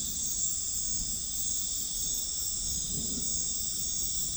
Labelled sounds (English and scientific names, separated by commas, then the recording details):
none
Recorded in pastures near Puerto Asís, Putumayo, Colombia, on 13 March 2025 at 21:30
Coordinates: 0.505, -76.324
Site GP08